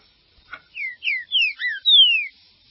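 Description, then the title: Green-winged saltator singing one quick phrase of five clear whistles sliding downward, the last note longest, after a brief click. "Trinca Ferro"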